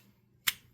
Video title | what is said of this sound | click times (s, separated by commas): Why This $120 Knife Punches Way Above Its Price | and uh, one of the things I'm I'm sure you noticed while I was putting these in, you definitely get a nice audible click when you pop it in there. | 0.5 s